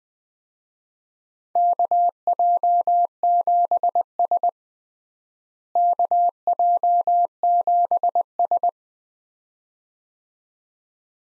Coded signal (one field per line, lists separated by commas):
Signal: Morse code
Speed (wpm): 21 wpm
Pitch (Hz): 700 Hz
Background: none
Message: KJ7S KJ7S